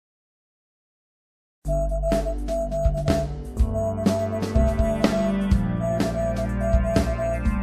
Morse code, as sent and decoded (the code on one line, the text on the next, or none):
-.-. --.- / -.-. --.- / -.-. --.-
CQ CQ CQ